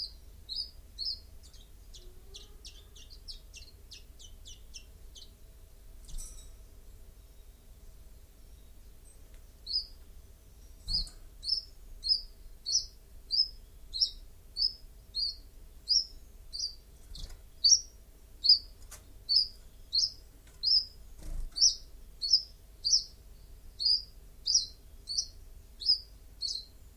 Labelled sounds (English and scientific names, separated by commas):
Common Chiffchaff (Phylloscopus collybita) song